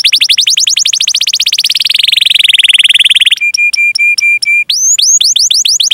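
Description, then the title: Canary song: rapid trill dropping into a rolling buzz, a steady repeated chip note, then quick rising whistled notes. Gacor (vigorously singing) canary song with the finest cengkok (song phrasing) and richest isian (song fill), for bird-song training. "Kenari Gacor Cengkok Terbaik Isian Paling Mewah Kenari"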